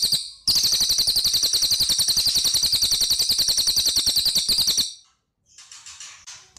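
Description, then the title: Spiderhunter song: a loud, quick string of high chipping notes that stops abruptly, followed by a short silence and fainter high notes. Long, clear, vigorous song; used as a tutor for training birds. "Pijantung Gunung Gacor Jernih Panjang"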